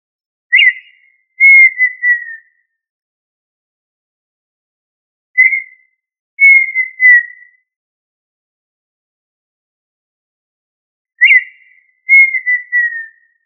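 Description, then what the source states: Quail whistled call: a short bright note followed by a longer, slightly falling whistle, the pair repeated about every five to six seconds in silence. Listed under the family Tinamidae; given the local name puyuh.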